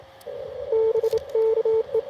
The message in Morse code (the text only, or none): BK E